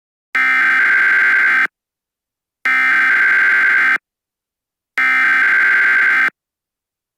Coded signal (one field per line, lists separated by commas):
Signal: Emergency Alert System (SAME) tones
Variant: header bursts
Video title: Sandy country (Short￼ EAS Scenario￼)￼